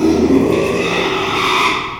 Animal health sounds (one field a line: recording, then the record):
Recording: squeal of a Yucatan mini pig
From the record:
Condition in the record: after surgery on the right vocal fold (resection and tissue-engineered implant)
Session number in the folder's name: 1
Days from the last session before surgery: 6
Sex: male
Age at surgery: 12 weeks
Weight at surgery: 13 kg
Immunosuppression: cyclosporine, prednisolone